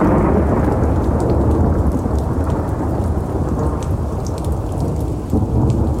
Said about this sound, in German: Ein ohrenbetäubender Donner zerriss die Stille